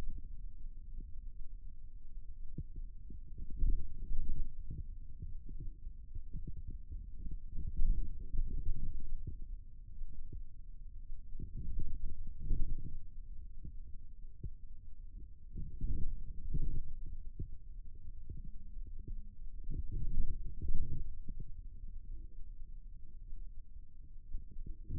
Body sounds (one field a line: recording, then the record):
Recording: forearm muscle sounds (acoustic myography)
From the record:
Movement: radial deviation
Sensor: system 2, bracelet of six BSWA MPA416 microphones around the upper forearm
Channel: 3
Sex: male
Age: 22 years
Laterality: right